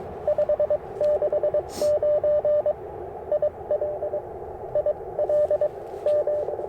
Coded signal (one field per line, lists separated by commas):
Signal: Morse code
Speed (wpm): 22 wpm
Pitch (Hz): 600 Hz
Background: radio noise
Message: 569 IL IL M